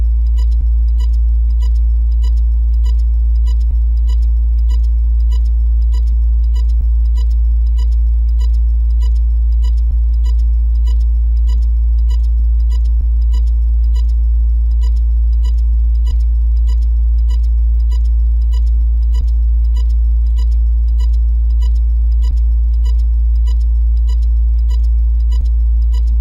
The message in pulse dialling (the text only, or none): none